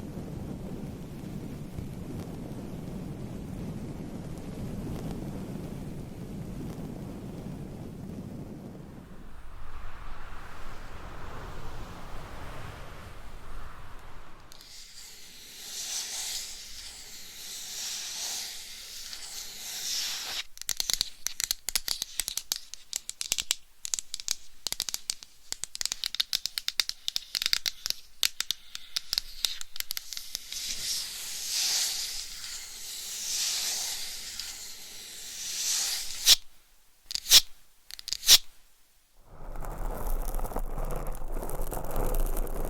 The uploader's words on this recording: Changing Triggers Every 30 Seconds Scratching , Tapping , Massage & More No Talking.